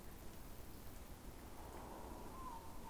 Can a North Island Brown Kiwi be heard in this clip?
no